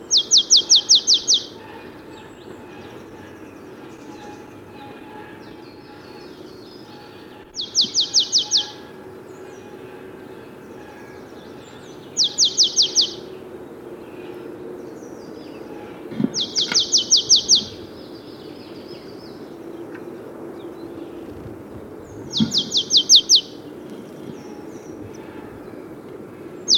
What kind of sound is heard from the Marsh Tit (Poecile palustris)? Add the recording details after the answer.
song. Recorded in the wild. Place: Hanshagen, Mecklenburg-Vorpommern, DE. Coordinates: 53.444, 11.28. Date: 1975-03-22. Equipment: Nagra III BH, Sennheiser MD 21, parabola. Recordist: Schubert, Michael